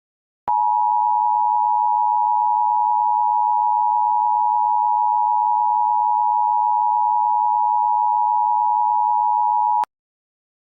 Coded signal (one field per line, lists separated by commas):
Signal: Emergency Alert System (SAME) tones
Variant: 853 and 960 Hz attention tone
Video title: EAS Scenario #11: Seismic Trouble